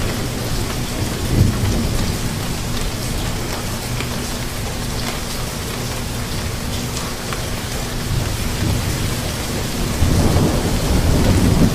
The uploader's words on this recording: Immerse yourself in the sounds of a gentle thunderstorm.